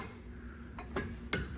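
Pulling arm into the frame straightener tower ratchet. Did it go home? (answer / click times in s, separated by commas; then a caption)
yes / 1.3 s. The steel pulling arm on a VEVOR frame straightener tower is lowered one more notch so it locks into its ratchet position. Several metallic ticks are heard around 0.8 s and 1.0 s, followed by the loudest sharp click at 1.3 s as the arm seats into the ratchet.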